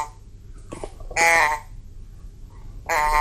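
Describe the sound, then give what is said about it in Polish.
A small folk instrument, a cylinder with a red base, a green top with sieve-like holes and a shepherd drawing on its side, gives out short, buzzy, bleating blasts meant to imitate a goat or cow: a faint first note, then two loud, nasal, harmonically rich honks separated by a pause, with no talking. “No to jest wędrzawcik górski, bo dźwięk ma przypominać jakąś kozę czy tam krowę.”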